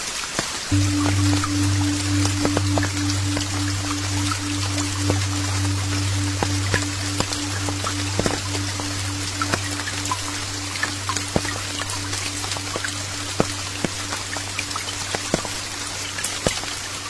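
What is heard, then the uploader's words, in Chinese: Raindrops patter lightly and steadily on leaves, with scattered sharper taps over a soft hiss, and a constant low hum begins almost immediately. 寂静的山林雨滴轻轻落在树叶上。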